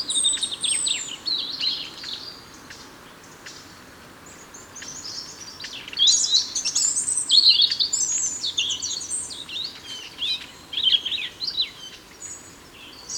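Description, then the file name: European robin song of high, thin warbling phrases with quick trills and slides, delivered in bursts separated by short pauses. "Erithacus rubecula"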